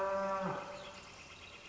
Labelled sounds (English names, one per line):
Northern Flicker